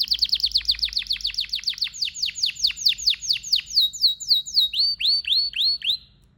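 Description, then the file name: Canary song made of a rapid series of downward-sweeping whistled notes that gradually slows, ending in a few upslurred notes. "طائر الكناري (اشهر طيور بصوت عذب)"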